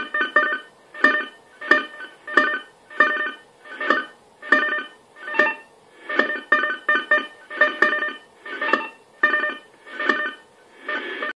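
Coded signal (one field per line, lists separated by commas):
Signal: unidentified radio signal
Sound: rhythmic buzzy chords pulsing about twice a second, organ-like multitone bursts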